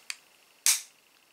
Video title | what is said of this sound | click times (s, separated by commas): construize votre R2D2 de star wars N°29 | on attend le clic ce le clic voila voila | 0.7 s